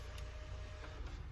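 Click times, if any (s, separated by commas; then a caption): none. An antenna connector is handled and plugged toward the antenna adapter cable during a double-DIN stereo install in a 2006 BMW X5 E53. A steady low hum runs throughout, with a brief sharp tap at about 0.2 s. Nothing has seated or clicked yet.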